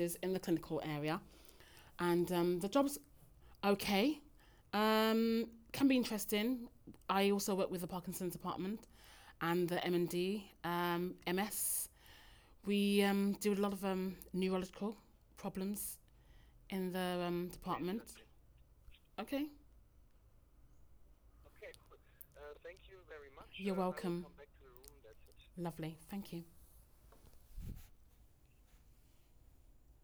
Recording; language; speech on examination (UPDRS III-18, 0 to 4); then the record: conversation on a phone call; English; 0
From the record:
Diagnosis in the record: healthy control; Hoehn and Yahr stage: 0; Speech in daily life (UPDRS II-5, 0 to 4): 0